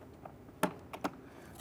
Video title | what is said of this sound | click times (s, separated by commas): How to Replace Rear Interior Door Handles Jeep Grand Cherokee 1999-2004 | you're going to feel in here that snap into place | 0.6 s